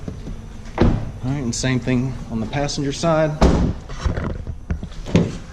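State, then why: Seated. Someone talks while the passenger-side rear seatback of a 2018 Honda CR-V EX SUV is folded back upright into its latch. A sharp click is heard at 5.2 seconds as the latch engages and the seatback seats into place.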